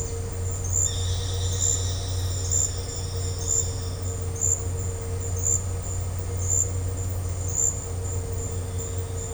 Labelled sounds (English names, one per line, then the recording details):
none
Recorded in dense forest near Puerto Asís, Putumayo, Colombia, on 4 March 2025 at 12:30
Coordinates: 0.468, -76.322
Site GP01